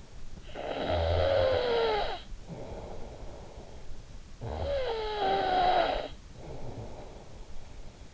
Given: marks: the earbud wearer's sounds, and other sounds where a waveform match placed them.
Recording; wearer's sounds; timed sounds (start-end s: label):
sounds in sleep by an in-ear microphone; snoring breath
0.34-8.14 s: snoring breath